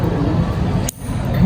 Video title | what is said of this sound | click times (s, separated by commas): TUTORIAL CARA INSTALASI KABEL JARINGAN LAN DENGAN METODE STRAIGHT Dan CROSS | ini berarti sudah terkunci | 0.9 s